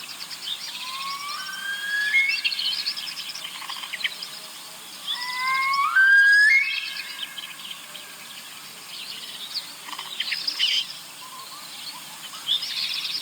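Caspian snowcock song: two bursts of loud whistles, each a series of notes climbing steeply in pitch to a sharp high upslur, about four seconds apart; faint chirping in the background.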